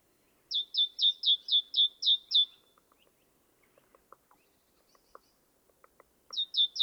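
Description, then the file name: Great tit giving a fast run of bright descending notes, a pause with faint soft clicks, then the run starts again. "Parus major"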